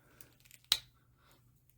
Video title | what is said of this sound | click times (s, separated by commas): Unboxing and Review of RSC Unsanctioned Classic Superstars Road Warriors | as you can hear the pop that was not bad | 0.7 s